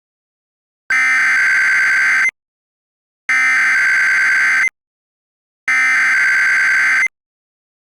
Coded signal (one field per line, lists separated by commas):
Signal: Emergency Alert System (SAME) tones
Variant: header bursts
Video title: DONT DRIVE OR OPERATE EAS EQUIPMENT (Festvox Kal test)